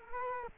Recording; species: mosquito wingbeat signal from an infrared sensor; Culex quinquefasciatus